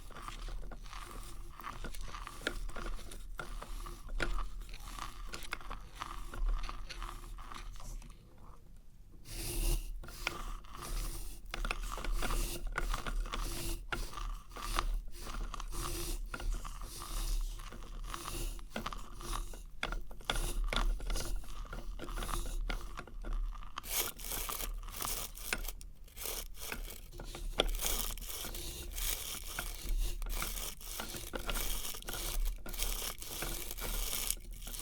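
Experimental triggers in test tubes: dense, irregular scraping and crunching sounds that continue through the whole recording, with quick clicks and crackles and a brief dip near nine seconds. A low, steady hum and faint tonal ringing sit underneath, growing brighter after twenty-five seconds.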